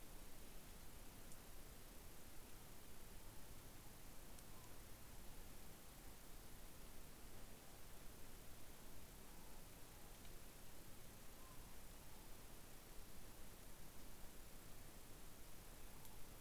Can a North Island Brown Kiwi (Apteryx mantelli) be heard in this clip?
no